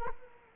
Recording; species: mosquito wingbeat signal from an infrared sensor; Culex quinquefasciatus